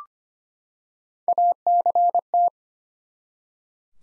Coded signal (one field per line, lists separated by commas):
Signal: Morse code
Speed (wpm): 25 wpm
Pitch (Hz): 700 Hz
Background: none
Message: ACT